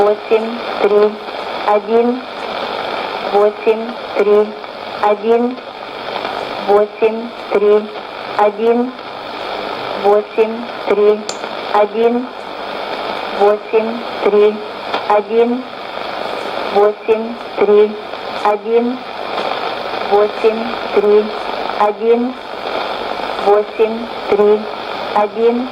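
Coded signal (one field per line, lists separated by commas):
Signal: numbers station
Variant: S06s, Russian female voice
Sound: female voice reading short Russian number words at a steady even pace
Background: radio static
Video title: 06 06 2016 Number station S06s Russian Lady to Eu 1211 on 12165 unknown tx site CUSB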